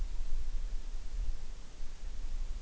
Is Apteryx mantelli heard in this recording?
yes